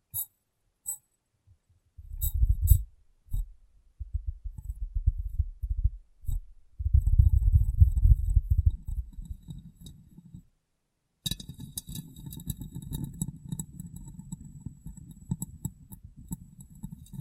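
Glass being tapped and rubbed, starting with a few sharp isolated taps, then dense low rustling and scrubbing from about 2 to 10 seconds. After a brief silence near 11 seconds, a steadier busy stretch of rubbing continues with faint bright clinks on top.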